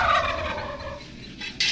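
Turkey gobble, a rapid descending rattling burst lasting about a second, then a short noise at the end.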